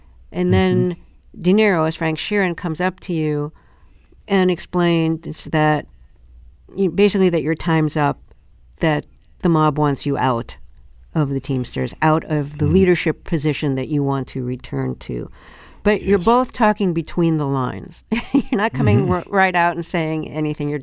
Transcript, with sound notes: And then De Niro, as Frank Sheeran, comes up to you and explains that - basically that your time's up, that the mob wants you out of the Teamsters, out of the leadership position that you want to return to.
Yes.
But you're both talking between the lines (laughter). You're not coming right out and saying anything.